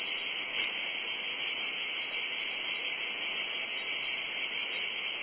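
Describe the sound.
Shrill continuous cicada drone, even and unbroken, with a tiny click near the start.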